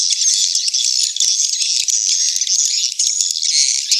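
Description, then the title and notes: A swiftlet chorus of rapid clicks and high, sizzling chirps, dense and continuous, with brief dips in the second half. Swiftlet house sound of the AKAU brand, from Tien Giang, Vietnam. "Am thanh nha yen Akau Vietnam - Tien giang. Những âm thanh chim yến thuộc thương hiệu AKAU"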